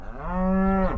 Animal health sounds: contact call of a hoofed animal; cattle; low-frequency (closed-mouth) or high-frequency (open-mouth) call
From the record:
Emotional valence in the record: negative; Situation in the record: full separation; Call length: 0.97 s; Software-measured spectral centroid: 880 Hz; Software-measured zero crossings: 840 a second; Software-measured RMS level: -23 dBFS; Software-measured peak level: -11 dBFS

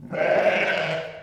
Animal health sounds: contact call of a hoofed animal; sheep; low-frequency (closed-mouth) or high-frequency (open-mouth) call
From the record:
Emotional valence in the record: negative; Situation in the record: short social isolation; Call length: 1.23 s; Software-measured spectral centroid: 1730 Hz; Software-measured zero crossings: 2050 a second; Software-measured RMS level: -23 dBFS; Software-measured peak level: -8 dBFS

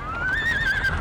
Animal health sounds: contact call of a hoofed animal; Przewalski's horse; whinny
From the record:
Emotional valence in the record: positive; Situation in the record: food anticipation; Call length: 1.02 s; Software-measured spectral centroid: 2380 Hz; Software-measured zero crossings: 2880 a second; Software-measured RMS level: -24 dBFS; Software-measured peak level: -18 dBFS

